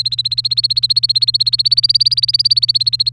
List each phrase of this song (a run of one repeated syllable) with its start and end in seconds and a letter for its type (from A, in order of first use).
0.00-3.12 A